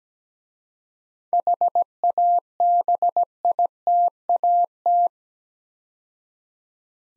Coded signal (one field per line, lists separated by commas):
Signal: Morse code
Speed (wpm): 17 wpm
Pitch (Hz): 700 Hz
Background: none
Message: HABITAT